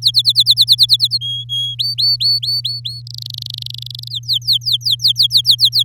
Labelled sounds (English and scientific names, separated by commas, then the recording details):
Domestic Canary (Serinus canaria) song
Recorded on 7 May 2018 at 05:40
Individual llb16